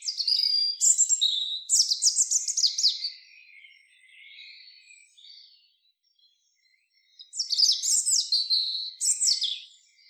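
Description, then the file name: European robin song in two loud phrases of rapid high trills and descending slurred whistles, with a quiet pause of several seconds between them. "Erithacus rubecula"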